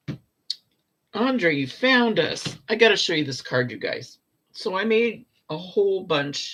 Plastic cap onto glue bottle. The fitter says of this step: make sure it clicks